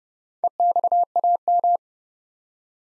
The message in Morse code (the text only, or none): EXAM